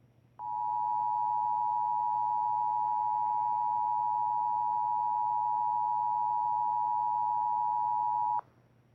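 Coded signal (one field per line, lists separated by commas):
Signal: Emergency Alert System (SAME) tones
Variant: 853 and 960 Hz attention tone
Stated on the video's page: Fictional EAS scenario.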